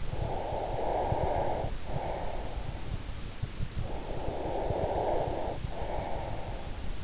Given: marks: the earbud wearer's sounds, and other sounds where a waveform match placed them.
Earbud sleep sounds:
sounds in sleep by an in-ear microphone; breath
0.06-2.94 s: breath
3.78-6.90 s: breath

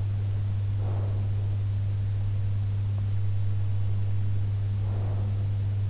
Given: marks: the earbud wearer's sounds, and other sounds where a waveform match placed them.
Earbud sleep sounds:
sounds in sleep by an in-ear microphone; breath
0.68-1.42 s: breath
4.73-5.51 s: breath

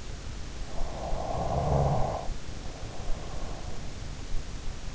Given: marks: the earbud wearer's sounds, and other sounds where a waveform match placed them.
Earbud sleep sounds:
sounds in sleep by an in-ear microphone; snoring breath
0.66-4.21 s: snoring breath

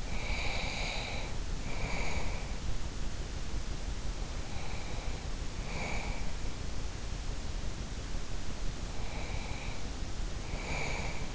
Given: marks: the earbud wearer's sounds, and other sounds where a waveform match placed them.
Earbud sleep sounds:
sounds in sleep by an in-ear microphone; breath
0.00-2.44 s: breath
4.18-6.36 s: breath
8.98-11.35 s: breath

